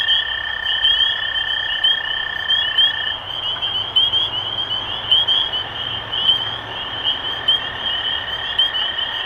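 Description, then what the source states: Spring peeper chorus of bright, rising peeps repeated by many frogs, with a lower steady trill clearest in the first few seconds. Recorded 23 March 2012.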